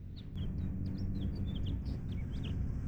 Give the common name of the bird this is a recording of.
House Finch